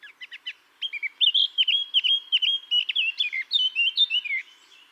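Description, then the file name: Eurasian blackcap song, starting with a few short scratchy notes, then a clear, loud fluting warble of whistled phrases rising and falling. "Sylvia atricapilla"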